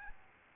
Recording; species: mosquito wingbeat signal from an infrared sensor; Aedes albopictus